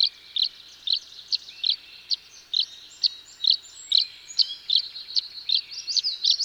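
Tree swallow calls: rapid clear chirps, some slurred and liquid, about two per second, with overlapping twitters and light background noise.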